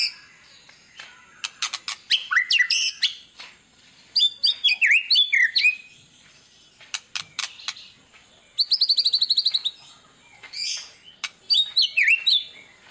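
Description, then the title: White-rumped shama: high, chirpy songbird phrases with sharp buzzy bursts and quick down-slurred whistles, delivered in separate bouts with short pauses between. Lure song of a white-rumped shama, meant to make other birds respond; described as gacor, singing persistently. "PANCINGAN MEWAH MURAI BATU GACOR, SEKALI DENGAR AMPUH LANGSUNG RESPON"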